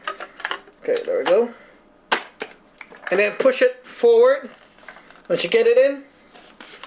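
During reassembly of an Empire BT Dfender air rifle after a high-power tune, an internal component is inserted and pushed forward toward its seat. Someone talks over a series of short metallic taps and handling knocks. Nothing has seated or clicked into place yet.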